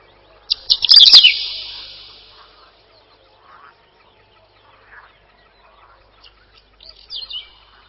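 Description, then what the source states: Whinchat song: a short, scratchy burst of quick high notes with a ringing tail, then a fainter, brief twittering phrase near the end. Song described as a short twittering trill.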